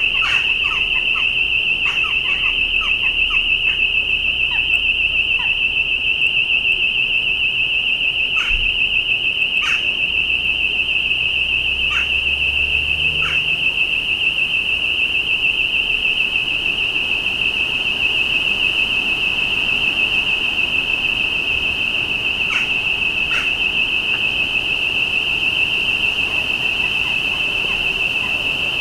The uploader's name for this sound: birds of Llanelli